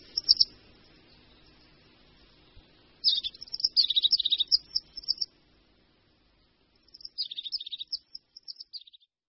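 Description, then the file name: Crested tit, thin high trilled phrases: a brief burst, then a longer rattling sequence, and a softer run of notes after a pause. "Sýkora-parukářka"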